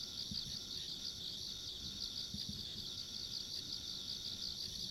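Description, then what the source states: Insects shrill steadily in a high, rapidly pulsing chorus, while low thumps and rumble sit underneath. Ambient insect sounds recorded along a country road.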